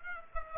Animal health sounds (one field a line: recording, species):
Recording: mosquito wingbeat signal from an infrared sensor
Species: Aedes aegypti